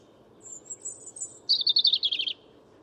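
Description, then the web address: European robin song: a thin high drawn-out note, then a fast twittering trill of bright notes dropping slightly in pitch. "Deverinetal 2025 File origin Bird Only Er Ru"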